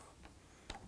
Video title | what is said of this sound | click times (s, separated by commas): Cochran Turret Revolver | we simply close our top cover until it snaps, rotate that into position. | 0.7 s